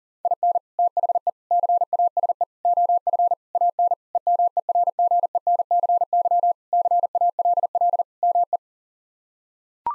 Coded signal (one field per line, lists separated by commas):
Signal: Morse code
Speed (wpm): 37 wpm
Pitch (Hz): 700 Hz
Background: none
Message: IN THE CASE OF AN EMERGENCY CALL ME